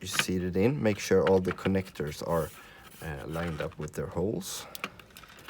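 Someone talks while handling the logic board of an HP 2013 UltraSlim Docking Station, lining its connectors up with their holes in the docking station casing so that it can be pushed down into place. A few faint, short handling sounds come at about 5.0, 5.2 and 5.5 seconds. The board has not seated or clicked yet.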